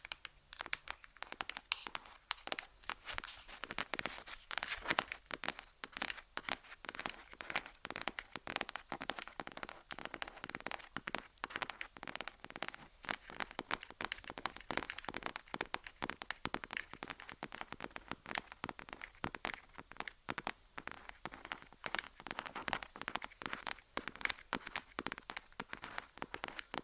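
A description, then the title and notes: Tapping on random objects, a dense, continuous stream of quick, crisp clicks and taps running the whole time with no pauses. The hits are bright and dry with little low end, and the pace stays busy and irregular, almost like a steady patter or crackle. ASMR Tapping On Random Objects. (Long Nails).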